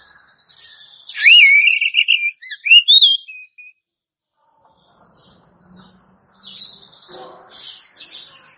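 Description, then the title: Oriental magpie-robin song opening with a long wavering whistle and rising slurs, then a pause and quieter scratchy warbling notes. "Kacer"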